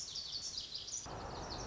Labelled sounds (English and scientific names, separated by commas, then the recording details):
Lazuli Bunting (Passerina amoena)
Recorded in Sonoma County, California